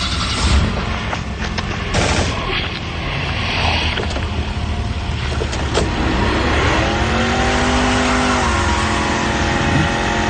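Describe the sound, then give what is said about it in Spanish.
An old Ford Taunus coupé's engine roars and revs up, its whining pitch climbing then holding steady as it speeds off on asphalt over loud rumbling road noise, with sharp cracking bangs earlier on. “El bólido rasga el asfalto cubriendo con un velo blanco de caucho a los cascarudos que se detienen obnubilados.”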